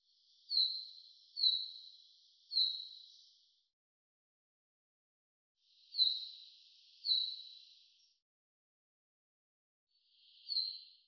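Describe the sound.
Common chaffinch making soft, high falling notes: three in quick sequence, a pause, two more, then a single final note.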